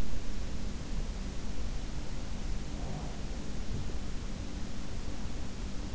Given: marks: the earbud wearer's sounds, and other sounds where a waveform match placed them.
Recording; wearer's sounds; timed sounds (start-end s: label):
sounds in sleep by an in-ear microphone; breath
2.72-3.81 s: breath